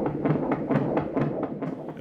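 Fetal heartbeat of an unborn baby heard by ultrasound Doppler during a prenatal scan at the Ruber International Hospital in Madrid.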